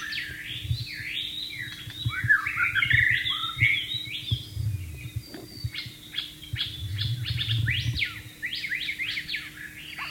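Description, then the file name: White-rumped shama song, a jumbled warble of mixed notes first, then a series of quick sharp downslurred notes repeated several times, with low rumble beneath. Wild bird, recorded in the wild. "suara burung murai batu di alam liar"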